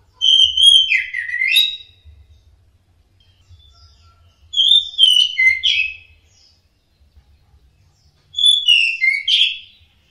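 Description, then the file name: Orange-headed thrush giving three similar whistled phrases, each a run of descending slurred notes ending in a sharp flourish, repeated roughly every four seconds over faint low noise. Song in the ngeplong style. "anis merah ngeplong"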